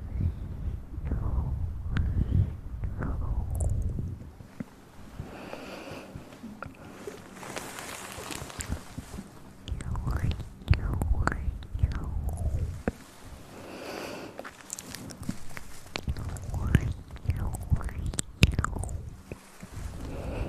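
Mouth sounds and breathing fill the 20 seconds: soft wet clicks, smacks and sharp ticks scattered irregularly throughout, with a loud snap near 18 seconds. Low, rumbling breaths swell and fade in waves, with brief whispery, voice-like slides between them.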